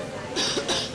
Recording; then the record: coughing mixed with background sound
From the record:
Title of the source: November cold (wet coughing)